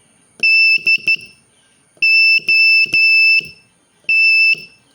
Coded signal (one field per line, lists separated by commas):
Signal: Morse code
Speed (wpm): 12 wpm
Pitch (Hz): 2650 Hz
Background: none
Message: DOT